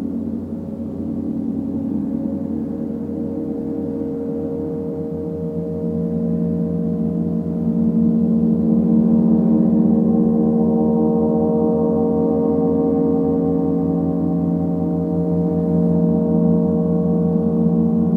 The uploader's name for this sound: Pure Gong Bath